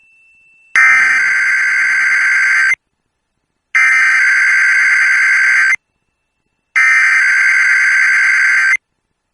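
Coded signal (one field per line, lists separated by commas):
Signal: Emergency Alert System (SAME) tones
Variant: header bursts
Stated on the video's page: Winter storm warning and required weekly test on a NOAA Weather Radio station in eastern North Dakota.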